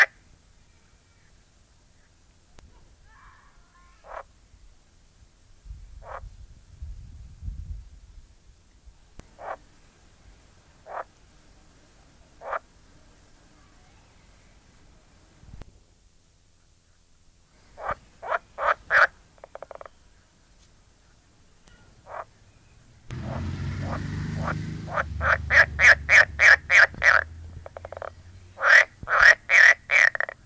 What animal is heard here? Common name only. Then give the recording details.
Edible Frog. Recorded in the wild. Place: Lübars, Benekendorffstraße, Berlin, DE. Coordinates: 52.6167, 13.3469. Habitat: Gartenteich. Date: 2000-04-30 12:12. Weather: heiter, 24°C. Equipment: Nagra SN, Kopie Uher 4000 Report Monitor. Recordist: Tembrock, Günter. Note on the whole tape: Diverse Lautformen, einzelne Tiere. Gute Laute von Einzeltieren, bei lauten Passagen teilweise Kopiereffekte; sonst sehr gute Aufnahmequalität